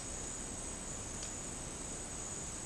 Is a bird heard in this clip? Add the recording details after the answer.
no. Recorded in secondary vegetation near Puerto Asís, Putumayo, Colombia, on 13 March 2025 at 13:00. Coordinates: 0.485, -76.322. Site G040